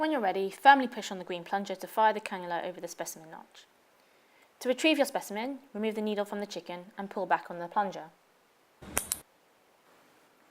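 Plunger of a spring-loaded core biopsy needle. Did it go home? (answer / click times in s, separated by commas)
yes / 9.0 s, 9.1 s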